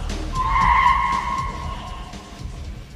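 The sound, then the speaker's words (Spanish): A car pulls away with a loud, high tire squeal lasting over a second, riding on a low engine rumble that fades as the vehicle drives off. “¡Llevaos ese coche de ahí!”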